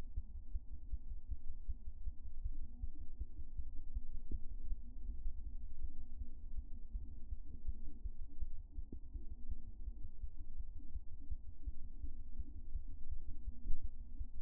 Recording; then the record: fetal heart sounds by stethoscope on the mother's abdomen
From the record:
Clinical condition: term gestation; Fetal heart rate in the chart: 156 bpm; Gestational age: 40 weeks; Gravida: 2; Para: 1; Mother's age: 27 years